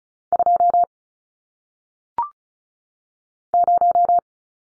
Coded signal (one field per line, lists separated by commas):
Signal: Morse code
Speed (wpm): 36 wpm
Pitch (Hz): 700 Hz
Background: none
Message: 2 0